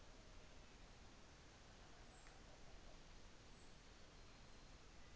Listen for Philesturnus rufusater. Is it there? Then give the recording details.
no. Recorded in New Zealand on 24 December 2018. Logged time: 15:10